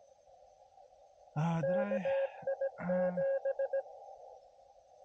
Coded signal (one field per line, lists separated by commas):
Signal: Morse code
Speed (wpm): 18 wpm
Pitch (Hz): 540 Hz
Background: speech, music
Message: KI7